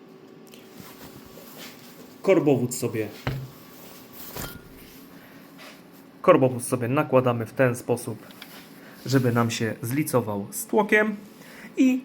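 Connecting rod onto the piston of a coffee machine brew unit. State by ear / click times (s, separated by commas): not seated / none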